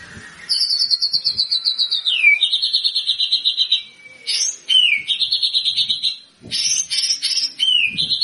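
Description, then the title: White-rumped shama song: fast rattling trills at two pitches, linked by sweeping downward slurs and sharp high notes. Lure sound of an actively singing bird, meant to provoke a quick response from other shamas. "PANCINGAN MURAI BATU GACOR"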